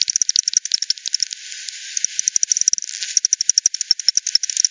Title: WW bat 20201007 T 18 : 10 Z-Hogsmill-Lane-Hogsmill-River-multiple-bats